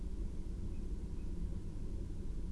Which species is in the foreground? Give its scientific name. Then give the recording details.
Strix aluco. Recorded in Germany. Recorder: ecoPi